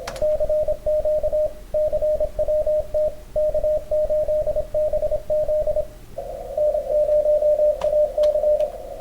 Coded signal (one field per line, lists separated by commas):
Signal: Morse code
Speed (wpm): 26 wpm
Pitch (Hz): 620 Hz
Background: radio noise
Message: CQ CWT K8BZ N0AC